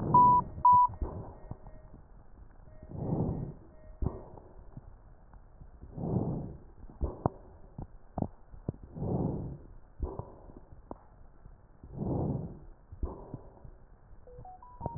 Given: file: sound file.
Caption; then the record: Two respiratory medicine physicians separately listened to the recordings and characterized them as follows: (6) squawks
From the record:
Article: Back to the future: the novel art of digital auscultation applied in a prospective observational study of critically ill Covid-19 patients